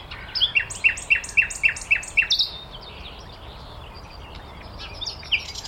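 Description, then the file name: Common nightingale song: about eight loud, evenly spaced, sharp notes repeated rapidly, then a softer twittering continuation. "Luscinia megarhynchos"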